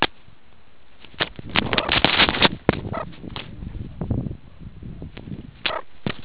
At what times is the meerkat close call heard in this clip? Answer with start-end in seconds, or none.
1.70-1.90, 2.91-3.06, 5.64-5.83